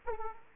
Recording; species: mosquito wingbeat signal from an infrared sensor; Aedes aegypti